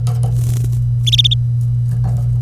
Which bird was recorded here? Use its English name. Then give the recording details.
Domestic Canary. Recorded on 25 April 2018 at 09:07. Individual llb3